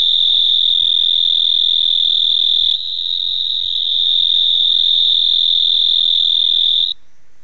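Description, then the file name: Mottled shovel-nosed frog giving a long, unbroken high-pitched buzzing trill that holds a steady pitch, briefly softening near three seconds, then stopping abruptly just before the end. "Hemisus marmoratus"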